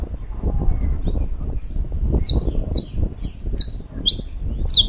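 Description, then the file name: Saffron finch giving a series of loud, high, falling chirps, ending in quicker doubled notes, against soft low background noise. "Canto-do-Canário-da-Terra"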